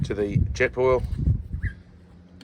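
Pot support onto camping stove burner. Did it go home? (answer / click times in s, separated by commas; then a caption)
yes / 2.4 s. Someone talks as a metal pot support is fitted onto the burner of a Jetboil camping stove, using the small lips on its side. A single short click sounds at 2.4 s as the support seats in place.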